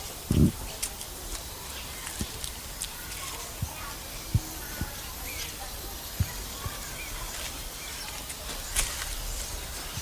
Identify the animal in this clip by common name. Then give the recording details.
White-faced Saki. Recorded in captivity. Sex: group. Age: adult. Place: Zoo Halle, Sachsen-Anhalt, DE. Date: 2007-10-08 16:25. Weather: sonnig, 14°C. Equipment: Sony WM-D6C, Sennheiser ME 80, Kopie Uher 4000 Report Monitor. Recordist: Tembrock, Günter